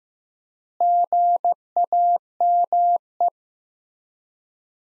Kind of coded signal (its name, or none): Morse code